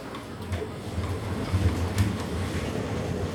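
A restaurant dessert trolley is wheeled to a diners' table, a steady low rumble with faint rattling clicks and a few soft bumps over about three seconds, with no one talking.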